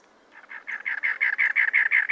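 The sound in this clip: Cactus wren song: a harsh, chugging run of rapid grating notes that starts quiet and builds steadily louder.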